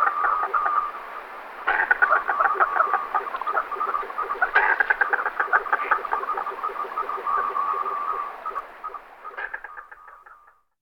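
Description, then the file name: Common merganser calls: a rapid run of harsh, rasping croaks, about three per second, over a steady nasal tone, fading toward the end. "Morcak velky Mergus merganser"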